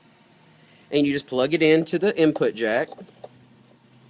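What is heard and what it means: An RJ45-style ethercon cable is being plugged into the input jack of a ToneMatch mixer for a Bose L1 Model II system while someone talks. The plug is handled but not yet home, and nothing has seated or clicked yet.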